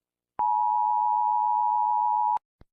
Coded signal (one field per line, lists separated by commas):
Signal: Emergency Alert System (SAME) tones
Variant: 853 and 960 Hz attention tone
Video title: EAS Scenario 39: Unlucky 2: Unlucky Serial